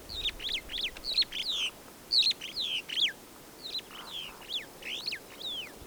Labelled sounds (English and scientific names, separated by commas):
Superb Starling (Lamprotornis superbus) flight call